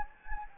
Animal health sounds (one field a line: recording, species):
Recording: mosquito wingbeat signal from an infrared sensor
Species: Anopheles gambiae